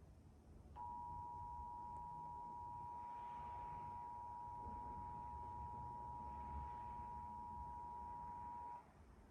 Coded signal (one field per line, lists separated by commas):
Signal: Emergency Alert System (SAME) tones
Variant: 853 and 960 Hz attention tone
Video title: EAS #110-113: September 2023 Pennsylvania Required Monthly Test On Comcast, WNEP, iON, And PBS Kids